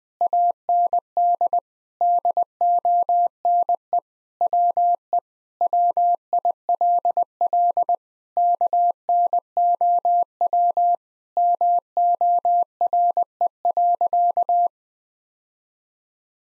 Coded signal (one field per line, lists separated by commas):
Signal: Morse code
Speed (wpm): 20 wpm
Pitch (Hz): 700 Hz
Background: none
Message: AND DONE WE WILL KNOW MORE.